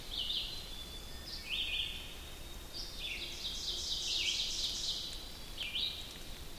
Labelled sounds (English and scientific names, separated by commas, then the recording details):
Ovenbird (Seiurus aurocapilla) song
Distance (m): 45 m
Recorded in boreal forest in Alberta, Canada, on 2 June 2016 at 05:41
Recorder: SongMeter 3, array SBT-3-7
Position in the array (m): 25 m, 133 m
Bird 4